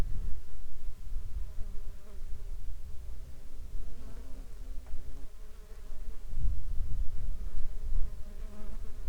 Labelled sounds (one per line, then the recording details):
insects
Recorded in the Arctic National Wildlife Refuge, Alaska, on 19 July 2021 at 13:47
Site 33